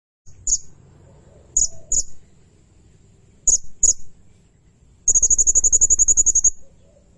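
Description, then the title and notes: Blue-crowned hanging parrot: several isolated sharp high chips, then a long, very fast run of shrill pulses lasting about one and a half seconds. Lure and training recording of energetic, constantly calling blue-crowned hanging parrot, sung in the rapid 'nembak' style. "Burung Serindit Nembak Gacor. Suara Nasteran Dan Pemikat Burung Serinditan Gacor"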